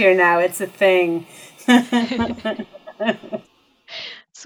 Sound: laughs